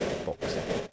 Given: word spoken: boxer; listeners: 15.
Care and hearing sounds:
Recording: one English word in noise, from a listening test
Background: noise modulated by three-talker babble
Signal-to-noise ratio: -5.0 dB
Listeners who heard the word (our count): 2 of 15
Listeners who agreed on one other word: 6 of 15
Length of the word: 0.52 s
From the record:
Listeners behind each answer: 6, 4, 3, 2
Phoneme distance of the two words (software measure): 17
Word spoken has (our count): 2 syllables, 5 phonemes, stress on syllable 1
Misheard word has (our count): 2 syllables, 6 phonemes, stress on syllable 1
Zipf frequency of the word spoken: 3.83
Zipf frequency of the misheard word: 4.29

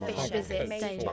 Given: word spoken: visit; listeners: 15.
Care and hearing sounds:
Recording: one English word in noise, from a listening test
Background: four-talker babble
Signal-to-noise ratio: -1.9 dB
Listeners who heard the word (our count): 1 of 15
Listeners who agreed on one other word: 10 of 15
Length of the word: 0.73 s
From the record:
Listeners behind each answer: 10, 2, 1, 1, 1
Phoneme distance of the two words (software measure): 37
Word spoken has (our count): 2 syllables, 5 phonemes, stress on syllable 1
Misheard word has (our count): 2 syllables, 4 phonemes, stress on syllable 1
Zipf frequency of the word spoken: 4.94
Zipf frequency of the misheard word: 3.75

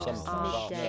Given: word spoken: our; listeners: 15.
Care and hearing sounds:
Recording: one English word in noise, from a listening test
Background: four-talker babble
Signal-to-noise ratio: -0.1 dB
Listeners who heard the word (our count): 0 of 15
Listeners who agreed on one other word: 6 of 15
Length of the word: 0.49 s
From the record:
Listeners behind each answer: 6, 5, 1, 1, 1, 1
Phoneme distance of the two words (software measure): 10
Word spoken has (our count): 2 syllables, 2 phonemes, stress on syllable 1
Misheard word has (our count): 1 syllable, 2 phonemes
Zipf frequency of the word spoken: 6.22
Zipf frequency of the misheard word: 3.88

